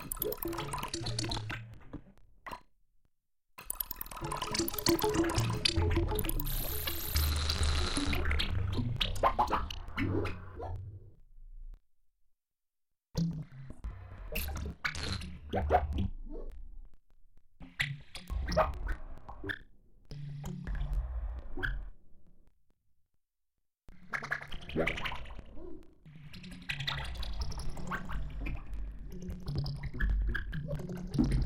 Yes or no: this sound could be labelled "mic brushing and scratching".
no